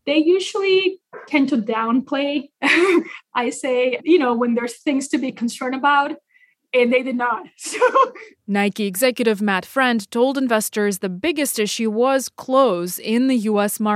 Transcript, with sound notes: They usually tend to downplay, I say, you know, when there's things to be concerned about. And they did not. So (laughter)
Nike executive Matt Friend told investors the biggest issue was clothes in the U.S.